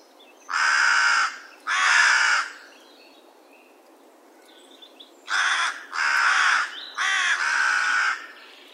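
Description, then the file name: Carrion crow calling with harsh, hoarse caws: two long ones, a pause of nearly three seconds, then several more in quick succession. "Corvus corone"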